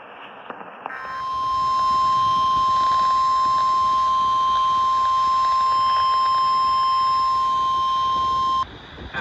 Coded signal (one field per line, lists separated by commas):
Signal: Emergency Alert System (SAME) tones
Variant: 1050 Hz attention tone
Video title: [EAS #1708-#1710] KDWN Flash Flood Warnings and KSGX Weekly Test